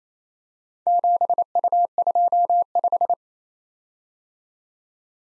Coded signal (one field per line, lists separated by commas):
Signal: Morse code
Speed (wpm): 27 wpm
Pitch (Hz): 700 Hz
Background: none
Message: 7U25